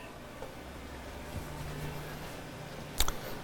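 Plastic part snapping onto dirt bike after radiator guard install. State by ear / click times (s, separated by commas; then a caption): seated / 3.0 s, 3.1 s. After an Enduro Engineering 12-114 radiator guard is fastened, a plastic part on a dirt bike is pushed down until it snaps into place. Over a low, steady background hum, two sharp clicks sound at 3.0 and 3.1 seconds as the part seats.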